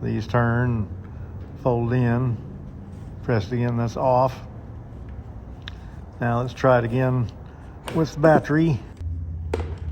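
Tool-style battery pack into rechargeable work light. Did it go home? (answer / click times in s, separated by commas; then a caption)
yes / 9.5 s. A tool-style battery pack is reinserted into the slots of an Avhrit 5000lm 60W rechargeable LED work light while someone talks. A loud, sharp hit at 9.5 s marks the pack sliding in and locking in place.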